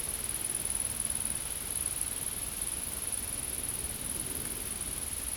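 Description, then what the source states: Insect buzzing call, a steady, very high-pitched shrill trill held without a break over a broad hiss and low rumble of background noise. Insects in a field.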